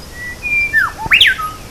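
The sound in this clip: Bird giving clear whistled notes, a level high tone, then a dipping slur and a sharp rising-falling whistle, over low background hiss.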